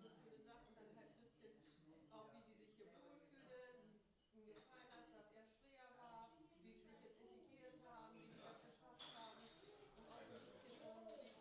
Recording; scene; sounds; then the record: everyday scene through a hearing-aid microphone; many people talking; many voices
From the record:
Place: parish hall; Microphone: in the ear canal, left